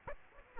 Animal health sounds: mosquito wingbeat signal from an infrared sensor; Aedes aegypti

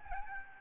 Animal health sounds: mosquito wingbeat signal from an infrared sensor; Aedes albopictus

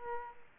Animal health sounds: mosquito wingbeat signal from an infrared sensor; Aedes aegypti

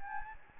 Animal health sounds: mosquito wingbeat signal from an infrared sensor; Anopheles gambiae

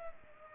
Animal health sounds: mosquito wingbeat signal from an infrared sensor; Culex pipiens

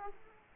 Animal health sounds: mosquito wingbeat signal from an infrared sensor; Aedes aegypti

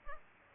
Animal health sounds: mosquito wingbeat signal from an infrared sensor; Culex pipiens

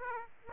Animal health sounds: mosquito wingbeat signal from an infrared sensor; Aedes aegypti

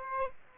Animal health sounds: mosquito wingbeat signal from an infrared sensor; Aedes aegypti

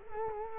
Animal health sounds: mosquito wingbeat signal from an infrared sensor; Culex quinquefasciatus

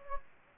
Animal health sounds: mosquito wingbeat signal from an infrared sensor; Anopheles gambiae

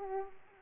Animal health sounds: mosquito wingbeat signal from an infrared sensor; Aedes aegypti

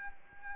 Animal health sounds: mosquito wingbeat signal from an infrared sensor; Anopheles arabiensis

